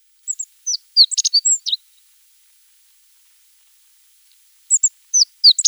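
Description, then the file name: Godlewski's bunting: sharp high chips and thin slurred notes in a rapid cluster, a long quiet pause, then another quick series of similar high notes. "Ovsjanka Godlevskogo"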